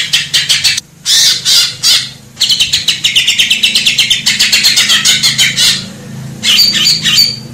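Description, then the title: Grey-cheeked bulbul song, bursts of harsh, buzzy chattering notes in quick series, broken by short pauses, ending with a few higher clear notes. Masteran, made for training cage birds. "Cucak Jenggot Masteran Durasi Panjang"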